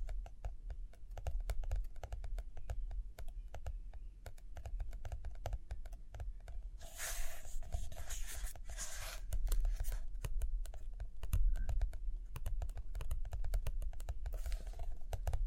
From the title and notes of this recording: ASMR Study With Me Page Turning and Tapping, Writing, Drawing (No Talking).